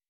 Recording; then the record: hydrophone in a shrimp aquaculture tank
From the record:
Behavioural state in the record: weakened